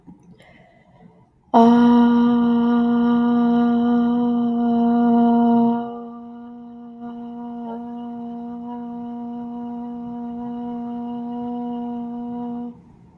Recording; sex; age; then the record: vowel held as long as possible; female; 20 to 29 years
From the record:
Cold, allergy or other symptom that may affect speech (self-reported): no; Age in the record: 25 years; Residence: Utah, United States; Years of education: 16